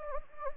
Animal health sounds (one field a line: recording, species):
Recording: mosquito wingbeat signal from an infrared sensor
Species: Anopheles gambiae